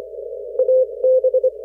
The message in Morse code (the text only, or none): AB